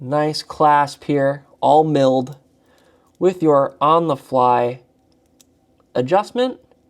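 Someone talks while handling the milled on-the-fly adjustment slider of a stainless steel watch bracelet clasp, sliding it back toward place, with a few faint ticks around 5.1 to 5.8 seconds in a pause between the talk. The clip ends before the part goes home, so nothing has seated or clicked in yet.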